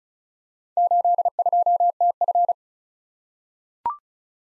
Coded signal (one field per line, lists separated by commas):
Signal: Morse code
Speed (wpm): 36 wpm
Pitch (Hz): 700 Hz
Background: none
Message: 82TF